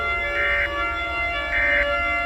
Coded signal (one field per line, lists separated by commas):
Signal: Emergency Alert System (SAME) tones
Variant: end-of-message bursts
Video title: EAS SCENARIO 6: Derrick's Rampage